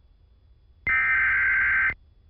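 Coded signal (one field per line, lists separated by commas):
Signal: Emergency Alert System (SAME) tones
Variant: header bursts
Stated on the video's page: NOAA Weather Radio flash flood warning.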